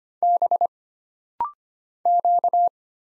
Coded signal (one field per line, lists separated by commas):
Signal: Morse code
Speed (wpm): 25 wpm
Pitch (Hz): 700 Hz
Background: none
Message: B Q